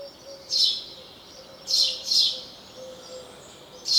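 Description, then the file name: House sparrow giving single high chirps at irregular intervals, with a steady low hum running underneath. "Passer domesticus"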